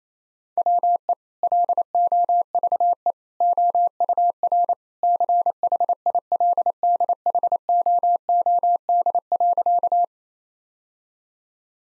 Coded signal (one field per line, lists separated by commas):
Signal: Morse code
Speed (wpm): 28 wpm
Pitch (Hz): 700 Hz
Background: none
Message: WE LOVE OUR CHILDHOOD.